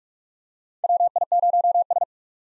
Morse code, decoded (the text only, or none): WI0S